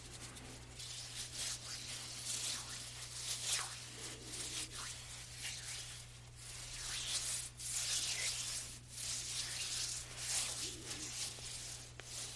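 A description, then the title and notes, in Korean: Hand movements rub and brush on the microphone, with soft breathy bursts and quick swipes every second or so over a steady low hum. 손소리 , 핸드무브먼트 , 이어블로잉.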